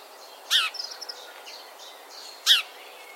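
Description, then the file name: House sparrow calling with two strong, rasping chirps about two seconds apart; soft, high twittering notes flicker between them against light hiss. "Passer domesticus"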